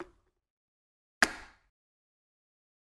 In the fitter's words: When we connect the connector to the pump, we ensure that we press firmly until we hear the click.